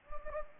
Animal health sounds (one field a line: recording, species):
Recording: mosquito wingbeat signal from an infrared sensor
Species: Anopheles gambiae